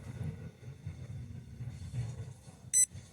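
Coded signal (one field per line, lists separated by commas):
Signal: beep code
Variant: Spektrum Dynamite ESC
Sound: low room rumble, then a single short high-pitched electronic beep near the end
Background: low hum, small room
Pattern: 1 beep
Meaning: Max brake force is set to 25%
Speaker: It's going to beep once because it's set on 25%. Just hold it down. One beep, that's 25%.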